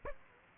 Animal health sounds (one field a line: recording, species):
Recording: mosquito wingbeat signal from an infrared sensor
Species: Aedes aegypti